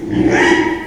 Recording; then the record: squeal of a Yucatan mini pig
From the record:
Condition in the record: after surgery on the right vocal fold (resection and tissue-engineered implant); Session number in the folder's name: 4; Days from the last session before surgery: 42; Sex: male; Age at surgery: 12 weeks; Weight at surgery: 13 kg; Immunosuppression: cyclosporine, prednisolone